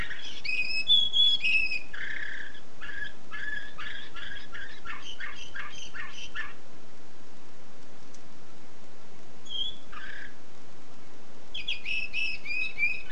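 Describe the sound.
Canary singing varied phrases of clear whistles, buzzy repeated notes and fast trills, pausing a few seconds before resuming with high twittering over low hiss.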